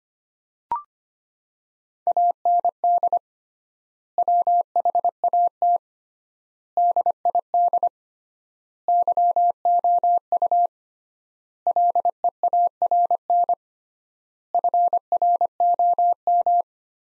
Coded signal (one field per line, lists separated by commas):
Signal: Morse code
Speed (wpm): 25 wpm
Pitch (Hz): 700 Hz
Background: none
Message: AND WHAT DID YOU LEARN FROM